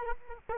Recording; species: mosquito wingbeat signal from an infrared sensor; Culex quinquefasciatus